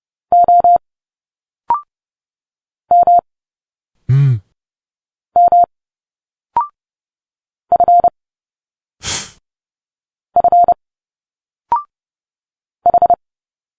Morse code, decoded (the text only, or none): O M M F F H